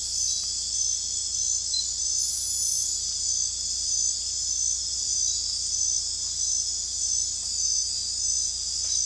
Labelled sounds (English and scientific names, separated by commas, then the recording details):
none
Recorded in dense forest near Puerto Asís, Putumayo, Colombia, on 16 December 2024 at 21:00
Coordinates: 0.466, -76.327
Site G075